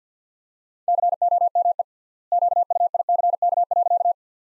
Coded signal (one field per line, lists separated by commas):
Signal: Morse code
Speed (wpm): 50 wpm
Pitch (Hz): 700 Hz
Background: none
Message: COME QUICK.